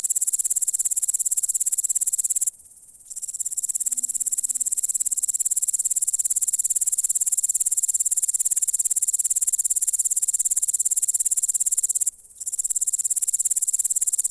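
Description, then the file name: Grasshopper stridulation: a steady, very high-pitched buzzing hiss that pulses rapidly, breaking off briefly twice. "кузнечик - звуки насекомых"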